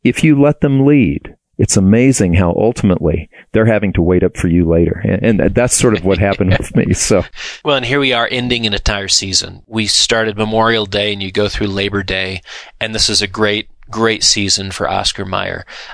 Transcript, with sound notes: If you let them lead, it is amazing how ultimately they are having to wait up for you later. (laughs) And that’s sort of what happened with me.
And here we are ending an entire season. We started Memorial Day, and you go through Labor Day, and this was a great season for Oscar Meyer.